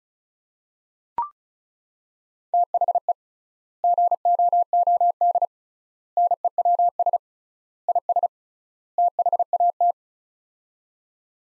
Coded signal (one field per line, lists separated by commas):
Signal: Morse code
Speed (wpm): 36 wpm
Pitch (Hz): 700 Hz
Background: none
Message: THE GOOD NEWS IS THAT